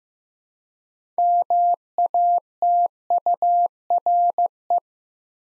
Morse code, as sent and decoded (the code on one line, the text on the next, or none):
-- .- - ..- .-. .
MATURE